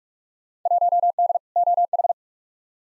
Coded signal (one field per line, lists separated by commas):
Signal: Morse code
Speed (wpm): 42 wpm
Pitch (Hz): 700 Hz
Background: none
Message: 1D OH